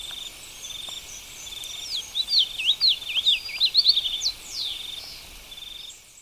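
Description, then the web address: Black-lored yellowthroat song, a rapid run of high, looping whistled notes lasting about two seconds, with faint thin trills before and after. Recorded in Ecuador. "Birds of Ecuador. Black-lored Yellowthroat"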